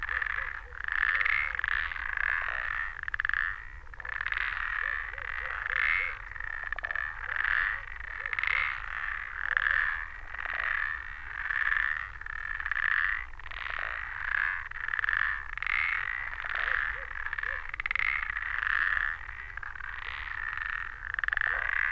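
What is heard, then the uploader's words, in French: A chorus of parsley frogs calls from a flooded meadow, dozens of short, creaking croaks overlapping in a dense, continuous mass. The calls are fairly bright and pulse in quick, uneven bursts roughly every half second, with a soft low rumble underneath throughout. Fin février - Diois - Ardèche - Nagra Ares BB+ - DPA6007. Sur le plateau ardéchois près du village de Gras avec dans une prairie inondée le rassemblement d'une trentaine de Pélodytes ponctuées.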